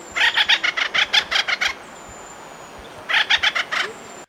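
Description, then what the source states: Acorn woodpecker calls, two bursts of harsh, laughing, rapidly repeated notes, the first longer, separated by a pause of over a second. Acorn woodpecker call, the model for a cartoon woodpecker's laugh.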